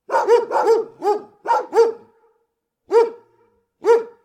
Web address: GDC 2019-Game Audio Bundle Bart Kamski - Dogs Dogs big close barking